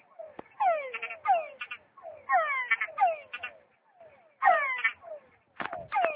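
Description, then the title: Frog calls: bursts of sliding, whining notes with rapid pulsed trills, repeated in clusters with short gaps, ending in sharper clicks. "tabogaÂ´s frog"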